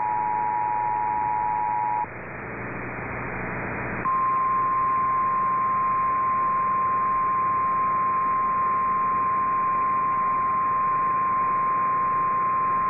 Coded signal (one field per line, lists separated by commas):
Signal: Emergency Alert System (SAME) tones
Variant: 853 and 960 Hz attention tone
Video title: EAS #4,000!!! EAS Alerts from 4/15/24 - 4/24/24 (EAS #3,995 - 4,011)